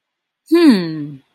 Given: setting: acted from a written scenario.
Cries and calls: vocal sound without words; interest

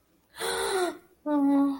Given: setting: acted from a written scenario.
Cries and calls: vocal sound without words; awe

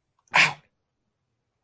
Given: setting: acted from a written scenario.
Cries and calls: vocal sound without words; pain

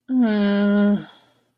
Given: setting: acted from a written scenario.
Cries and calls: vocal sound without words; guilt

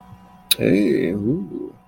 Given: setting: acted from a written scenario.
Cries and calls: vocal sound without words; romantic love

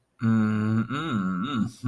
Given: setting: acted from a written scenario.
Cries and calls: vocal sound without words; ecstasy

